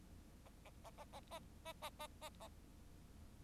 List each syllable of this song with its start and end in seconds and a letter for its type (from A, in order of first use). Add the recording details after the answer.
0.45-0.48 A, 0.65-0.70 A, 0.84-0.90 A, 0.97-1.04 A, 1.12-1.20 A, 1.31-1.39 A, 1.65-1.73 A, 1.81-1.90 A, 2.00-2.07 A, 2.21-2.29 A, 2.40-2.48 A. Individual Bird4